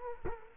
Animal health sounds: mosquito wingbeat signal from an infrared sensor; Culex quinquefasciatus

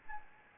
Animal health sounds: mosquito wingbeat signal from an infrared sensor; Anopheles gambiae

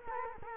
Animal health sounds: mosquito wingbeat signal from an infrared sensor; Culex quinquefasciatus

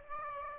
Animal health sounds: mosquito wingbeat signal from an infrared sensor; Aedes aegypti

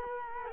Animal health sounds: mosquito wingbeat signal from an infrared sensor; Culex quinquefasciatus

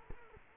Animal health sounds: mosquito wingbeat signal from an infrared sensor; Culex quinquefasciatus

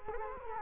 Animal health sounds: mosquito wingbeat signal from an infrared sensor; Culex quinquefasciatus

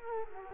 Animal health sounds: mosquito wingbeat signal from an infrared sensor; Culex quinquefasciatus

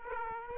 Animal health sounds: mosquito wingbeat signal from an infrared sensor; Aedes aegypti

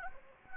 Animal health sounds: mosquito wingbeat signal from an infrared sensor; Anopheles gambiae

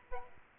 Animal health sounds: mosquito wingbeat signal from an infrared sensor; Aedes aegypti

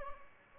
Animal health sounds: mosquito wingbeat signal from an infrared sensor; Aedes albopictus

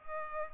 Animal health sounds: mosquito wingbeat signal from an infrared sensor; Culex pipiens

